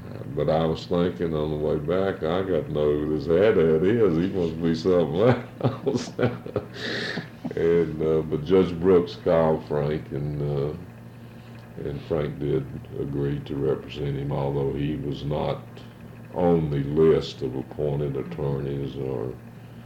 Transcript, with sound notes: but I was thinking on the way back, I got to know who this Haddad is he must be something else. [laughter] And, but Judge Brooks called Frank and and Frank did agree to represent him, although he was not on the list of appointed attorneys or